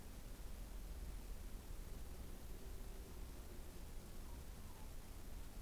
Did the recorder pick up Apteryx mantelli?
no